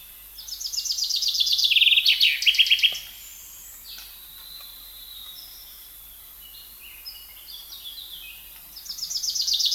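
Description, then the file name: Common chaffinch singing: a rapid descending trill ending in a terminal flourish, several seconds of softer bird notes, then another song beginning. "Fringilla coelebs"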